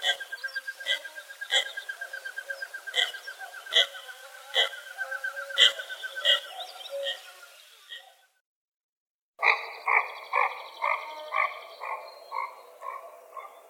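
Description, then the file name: Common goldeneye calls: a long run of short, evenly spaced rattling notes over a steady buzzy tone, then a silent gap and a harsher series of clipped notes. "Golosa ptic - Obyknoven gogol Bucephala clangula"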